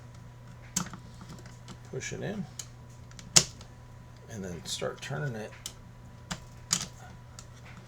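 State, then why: Not seated. The barrel assembly of a Cybergun FN M249 Featherweight airsoft replica is pushed into the receiver and turned while someone talks. Quiet handling noise is broken by sharp knocks at about 0.8, 3.4 (the loudest) and 6.7 seconds. Nothing has seated or clicked into place yet.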